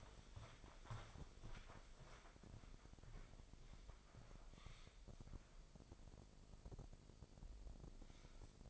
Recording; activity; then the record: daily activity, microphone in the room; walk to room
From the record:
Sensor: 5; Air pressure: 995.6 hPa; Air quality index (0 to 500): 109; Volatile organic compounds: 8 ppm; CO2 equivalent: 2114 ppm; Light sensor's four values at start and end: 36/87/36/37 and 38/93/37/38